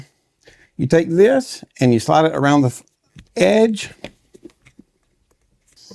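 Someone talks while the mounting ring that comes with a Godox V100 flash, a diffuser adapter ring, is slid around the edge of the flash head to line it up before it is locked. Light plastic patter and faint taps follow between about 4.5 and 5.4 s. Nothing has locked or clicked into place yet.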